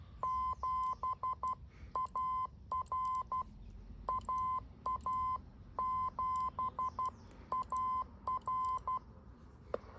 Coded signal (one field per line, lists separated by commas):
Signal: Morse code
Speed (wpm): 12 wpm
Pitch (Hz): 1030 Hz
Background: none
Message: 7AR AA7AR